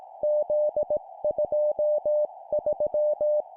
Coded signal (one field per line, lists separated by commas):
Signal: Morse code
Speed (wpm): 18 wpm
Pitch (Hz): 600 Hz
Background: none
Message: Z23